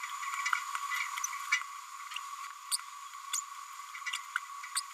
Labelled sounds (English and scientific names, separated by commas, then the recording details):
Green-rumped Parrotlet (Forpus passerinus) babbling
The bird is a female
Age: 32 days
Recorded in a nest box in Venezuela
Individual 17B102A5